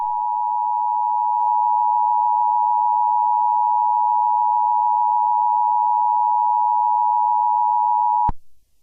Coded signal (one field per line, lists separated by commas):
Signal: Emergency Alert System (SAME) tones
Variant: 853 and 960 Hz attention tone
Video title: EAS Scenario - The Bees (40 Subscriber Special)